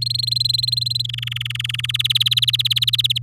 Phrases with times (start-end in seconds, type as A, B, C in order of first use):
0.01-1.06 A, 1.09-1.86 B, 1.89-3.18 C